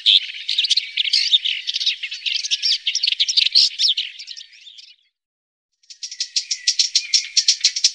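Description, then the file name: Red-backed shrike producing a dense, scratchy warble of mixed squeaky notes for five seconds, a brief pause, then a rapid repeated series of dry, buzzy notes. "Tornskata"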